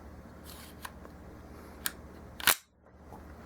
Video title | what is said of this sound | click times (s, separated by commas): Glock (psa dagger) for dummies | now we just slide the Glock back until we hear a click. | 1.9 s